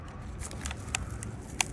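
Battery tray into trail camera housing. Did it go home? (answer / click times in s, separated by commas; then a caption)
yes / 1.6 s. A plastic AA battery tray is pressed firmly down into the body of a Bushnell Core DS 30MP trail camera, because it will not pop in easily and has to be pushed until it clicks. Several small clicks and handling sounds come first, then a sharp click at 1.6 s. The tray is seated in the camera.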